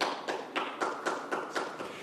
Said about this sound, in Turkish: Teşekkür etmeyeceğimi biliyorsunuz. Boşuna alkışlamayın.